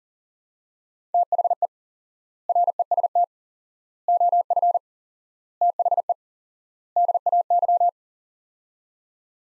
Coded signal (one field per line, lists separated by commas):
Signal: Morse code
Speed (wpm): 40 wpm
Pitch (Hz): 700 Hz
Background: none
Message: THE REST OF THE DAY